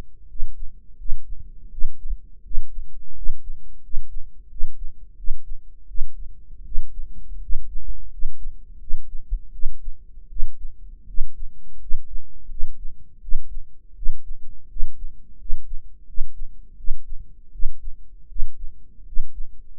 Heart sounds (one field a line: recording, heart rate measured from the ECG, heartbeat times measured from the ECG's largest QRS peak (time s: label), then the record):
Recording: heart sounds by microphone in the right ear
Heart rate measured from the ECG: 83 bpm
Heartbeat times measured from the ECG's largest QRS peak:
0.27 s: heartbeat
0.97 s: heartbeat
1.69 s: heartbeat
2.42 s: heartbeat
3.14 s: heartbeat
3.81 s: heartbeat
4.48 s: heartbeat
5.15 s: heartbeat
5.86 s: heartbeat
6.63 s: heartbeat
7.39 s: heartbeat
8.09 s: heartbeat
8.78 s: heartbeat
9.51 s: heartbeat
10.28 s: heartbeat
11.05 s: heartbeat
11.78 s: heartbeat
12.48 s: heartbeat
13.20 s: heartbeat
13.94 s: heartbeat
14.67 s: heartbeat
15.37 s: heartbeat
16.05 s: heartbeat
16.75 s: heartbeat
17.51 s: heartbeat
18.27 s: heartbeat
19.04 s: heartbeat
19.75 s: heartbeat
From the record:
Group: healthy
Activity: rest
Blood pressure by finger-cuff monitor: 146/105 mmHg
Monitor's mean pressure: 116 mmHg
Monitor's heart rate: 83 bpm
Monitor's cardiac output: 7 L/min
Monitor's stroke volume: 83 mL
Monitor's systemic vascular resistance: 1230 dyn s/cm5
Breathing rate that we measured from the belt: 16 breaths a minute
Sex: male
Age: 23 years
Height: 179 cm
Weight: 87 kg